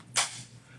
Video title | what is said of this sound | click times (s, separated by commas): How We STAND Out. An answer to a common question is VERSATILITY! | Now that quick release is locked onto my the ball head on | 0.0 s